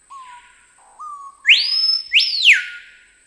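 Screaming piha song: two gentle low whistles, then an explosive pair of loud upward-sweeping, falling whistles.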